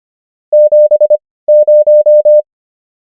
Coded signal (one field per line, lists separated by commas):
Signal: Morse code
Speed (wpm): 25 wpm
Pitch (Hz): 600 Hz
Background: none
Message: 7 0